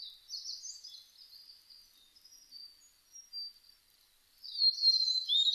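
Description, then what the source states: Blue-and-white flycatcher song: thin high warbled notes at the start, a pause of faint tones, then a louder burst of rapid slurred whistles near the end. Recorded on 1 May 2005.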